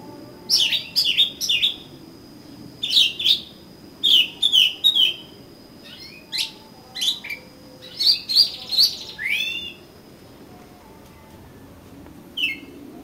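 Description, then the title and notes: Oriental magpie-robin song, clusters of loud whistled and slurred notes with sharp clicks, delivered in bursts with short pauses, a faint steady high tone behind. "suara kacer. kumpulan suara burung kacer"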